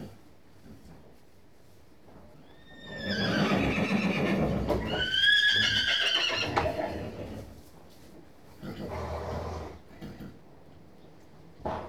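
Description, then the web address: Horse whinnying, a loud descending neigh with breathy snorting, then a softer breathy snort later. Horses in stables, whickering. "BBC Sound Effects Library Horses Horses in stables whickering"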